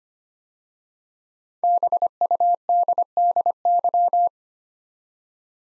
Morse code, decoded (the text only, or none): BUDDY